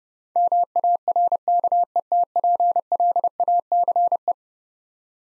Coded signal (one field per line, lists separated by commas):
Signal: Morse code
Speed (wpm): 30 wpm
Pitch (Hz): 700 Hz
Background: none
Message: MARKETPLACE